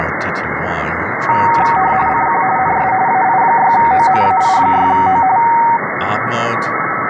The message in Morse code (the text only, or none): none